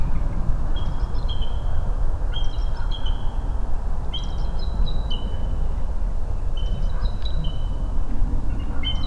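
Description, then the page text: Bald eagle giving high thin chirps in several short stuttering runs over a heavy steady low background roar. Recorded in Maryland. "Maryland Biodiversity. Bald Eagle ( Haliaeetus leucocephalus )"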